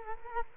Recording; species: mosquito wingbeat signal from an infrared sensor; Culex quinquefasciatus